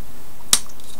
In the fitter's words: give it a click there